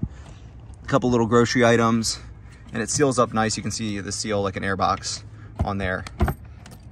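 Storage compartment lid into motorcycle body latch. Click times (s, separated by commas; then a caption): 6.3 s. Someone talks while closing the lid of the roughly foot-deep under-seat storage compartment on a 2022 Honda NAVI, which opens with the same ignition key and has a seal like an air box. A sharp click at 6.3 s is the lid latching shut into the motorcycle body, locked in place.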